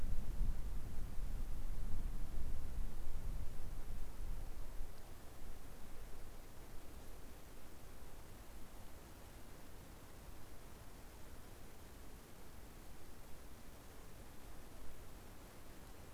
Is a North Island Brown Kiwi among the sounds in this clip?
no